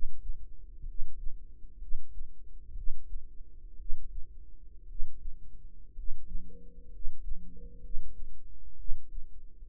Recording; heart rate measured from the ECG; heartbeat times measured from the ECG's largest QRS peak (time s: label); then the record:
heart sounds by microphone in the right ear; 61 bpm
0.83 s: heartbeat
1.77 s: heartbeat
2.72 s: heartbeat
3.75 s: heartbeat
4.85 s: heartbeat
5.92 s: heartbeat
6.88 s: heartbeat
7.79 s: heartbeat
8.74 s: heartbeat
From the record:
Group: healthy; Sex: male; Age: 25 years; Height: 170 cm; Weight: 70.4 kg